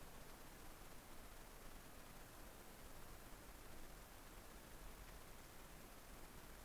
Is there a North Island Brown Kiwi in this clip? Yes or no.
no